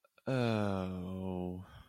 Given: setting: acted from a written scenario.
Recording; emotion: vocal sound without words; embarrassment